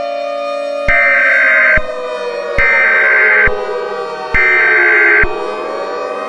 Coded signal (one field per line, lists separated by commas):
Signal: Emergency Alert System (SAME) tones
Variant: header bursts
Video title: EAS Scenario #9: Light's Rampage pt III: The Best Part?